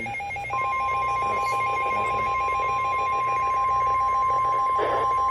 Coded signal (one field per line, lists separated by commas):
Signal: Emergency Alert System (SAME) tones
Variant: 1050 Hz attention tone